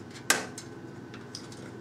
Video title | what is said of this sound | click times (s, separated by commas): Build a $550 AMD Computer with SSD and Windows 7 | snaps into place that's | 0.3 s